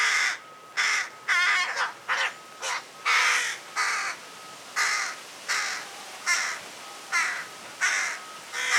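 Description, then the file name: Carrion crow giving a series of harsh, hoarse caws, some in quick pairs, with a faint steady tone in the background. "Corvus corone"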